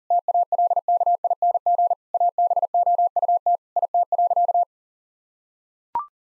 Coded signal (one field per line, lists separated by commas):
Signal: Morse code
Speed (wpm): 40 wpm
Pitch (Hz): 700 Hz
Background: none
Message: TALKING ABOUT IT.